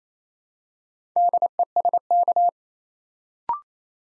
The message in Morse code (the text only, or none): DESK